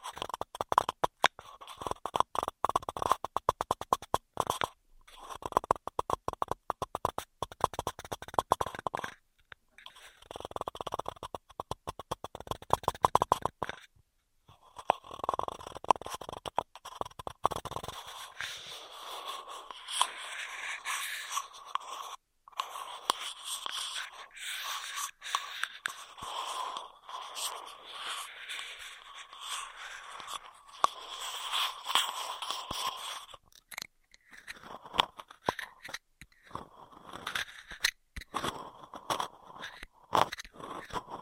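Rapid, crinkly straw sounds crackle and tap in dense bursts, briefly pausing near 10 and 14 seconds, then turning bright and hissy later.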